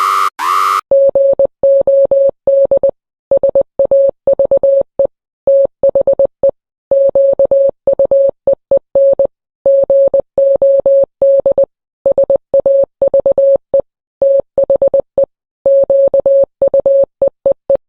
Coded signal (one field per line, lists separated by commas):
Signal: Morse code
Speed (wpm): 20 wpm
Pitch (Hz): 550 Hz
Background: none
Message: GOD SAVE THE QUEEN GOD SAVE THE QUEEE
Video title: Antarctica territories EAS Alarm Full